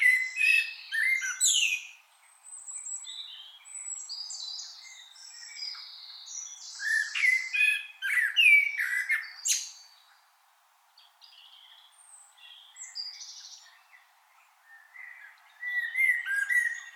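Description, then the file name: Common blackbird song: a long run of fluted warbling mixed with high, squeaky twitters, loud in bursts, with a brief lull near the middle. "Turdus merula"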